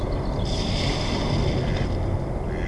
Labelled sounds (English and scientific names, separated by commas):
Mallard (Anas platyrhynchos)